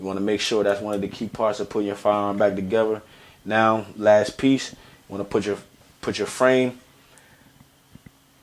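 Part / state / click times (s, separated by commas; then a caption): pistol slide onto pistol frame / not seated / none. Someone talks while lining up the slide of a Glock 17 Gen 5 pistol on its frame, moving the slide to the front before pushing it home. Only faint handling noises follow the talk, with brief soft ticks near 7.2 and 8.1 seconds, and the slide has not yet seated or clicked into place.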